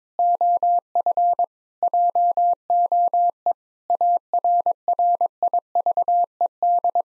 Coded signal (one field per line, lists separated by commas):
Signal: Morse code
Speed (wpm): 22 wpm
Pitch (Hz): 700 Hz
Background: none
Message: OF JOE ARRIVED